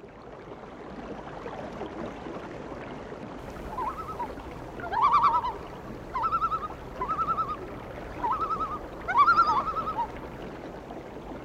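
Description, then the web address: Loon giving quavering tremolo calls, several laughing, wavering bursts in quick succession after a few quiet seconds, against soft background noise. "A Természet hangjai - Madárdal Sounds of Nature - Cry of the Loon"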